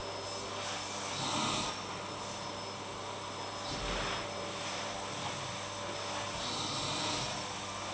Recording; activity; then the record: daily activity, microphone in the room; vacuum cleaning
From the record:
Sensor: 1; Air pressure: 1000.2 hPa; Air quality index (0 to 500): 139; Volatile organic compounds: 2 ppm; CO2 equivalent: 1307 ppm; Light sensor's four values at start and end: 33/84/35/43 and 33/83/35/43